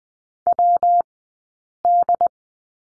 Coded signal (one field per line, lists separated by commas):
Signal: Morse code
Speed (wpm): 20 wpm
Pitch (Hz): 700 Hz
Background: none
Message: WD